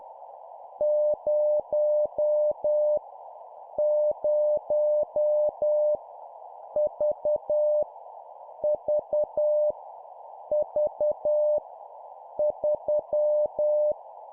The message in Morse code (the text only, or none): 0 0 V V V 3